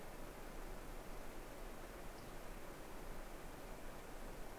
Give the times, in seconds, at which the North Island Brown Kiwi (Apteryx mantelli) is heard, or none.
none